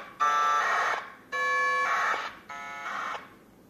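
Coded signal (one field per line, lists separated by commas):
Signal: packet radio (AX.25, as in APRS)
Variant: 1200 baud AFSK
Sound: three short raspy data bursts, each a buzzing tone then a harsh warble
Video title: APRSdroid AFSK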